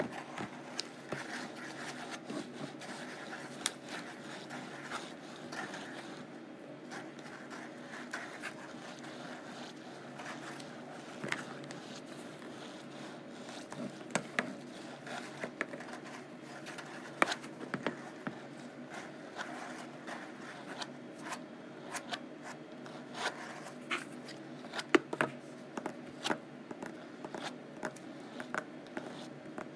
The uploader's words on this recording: ASMR Rough Canvass: Scratching and Tapping.